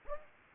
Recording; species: mosquito wingbeat signal from an infrared sensor; Anopheles gambiae